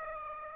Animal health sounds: mosquito wingbeat signal from an infrared sensor; Aedes aegypti

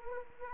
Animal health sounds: mosquito wingbeat signal from an infrared sensor; Anopheles arabiensis

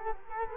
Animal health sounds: mosquito wingbeat signal from an infrared sensor; Culex quinquefasciatus

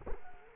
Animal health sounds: mosquito wingbeat signal from an infrared sensor; Culex quinquefasciatus

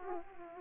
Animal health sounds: mosquito wingbeat signal from an infrared sensor; Aedes aegypti

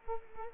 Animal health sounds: mosquito wingbeat signal from an infrared sensor; Culex quinquefasciatus

